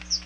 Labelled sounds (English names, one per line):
Chestnut-sided Warbler flight call